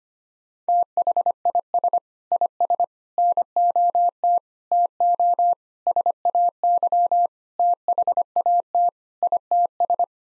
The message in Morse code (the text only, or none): THIS IS NOT TO SAY THAT ITS